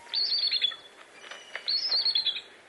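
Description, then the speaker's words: Bald eagle calls: two high, squeaky chattering phrases that start shrill and slide downward into stuttering notes, separated by a short gap with a few faint chips. Call likened to a squeaky door; given from high in the top branches of a tall tree. "Yes, that squeaky door sound comes from the official bird of the United States of America."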